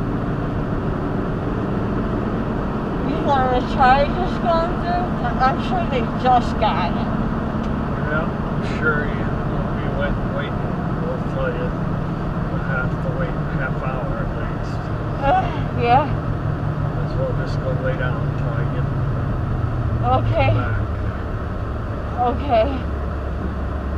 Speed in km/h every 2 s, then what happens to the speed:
66, 76, 76, 77, 68, 60, 53, 52, 50, 42, 32, 27.
0-2 speeds up to 76. 2-7 steady at about 76. 7-21 brakes to 27.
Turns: none.